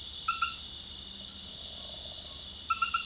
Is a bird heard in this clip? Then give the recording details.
no. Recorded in dense forest near Puerto Asís, Putumayo, Colombia, on 21 February 2024 at 21:30. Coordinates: 0.505, -76.324. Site G6467